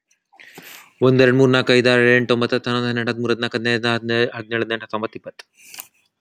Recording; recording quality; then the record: counting at a fast pace; excellent, no background noise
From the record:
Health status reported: exposed to COVID-19, no respiratory illness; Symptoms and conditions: sore throat, muscle pain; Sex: male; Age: 35 years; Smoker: not ticked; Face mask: not worn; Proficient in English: yes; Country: United States